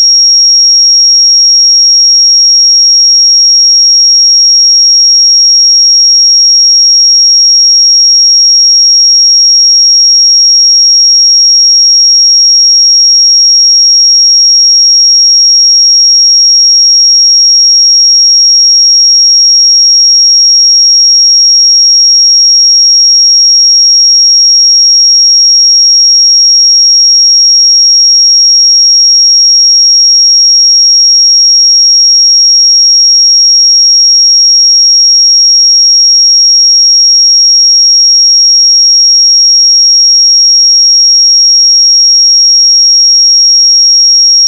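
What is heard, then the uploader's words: A pure sine tone at 5591 Hz holds perfectly steady for the full length, a thin, piercing whistle high in pitch. Its loudness never changes, there are no breaks or wavering, and nothing else is audible beneath it. 5591 Hz 1 Hz Interval Sine Pure Tone Frequency 441000 Sample Mono.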